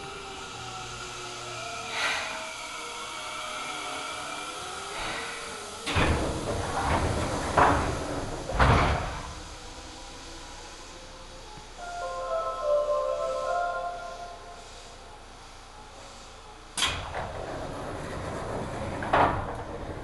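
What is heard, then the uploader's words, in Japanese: A Seibu Ikebukuro Line local train ride toward Kiyose, with a steady low rumble throughout. Sharp clatters and thumps come around 2, 6–9, 17 and 19 seconds, and a thin whining tone rises and falls near the middle, like motor hum changing with speed. 西武池袋線普通 池袋→清瀬。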